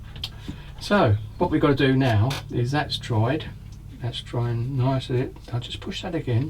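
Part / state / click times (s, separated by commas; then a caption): plastic part into a scale model vehicle assembly / not seated / none. Someone talks while handling a plastic part on a drying assembly of a MENG VS-017 1/35 scale Kubelwagen 823 model vehicle, about to push the part back into place. Two brief ticks occur near 0.2 s, then speech continues. Nothing has seated or clicked yet.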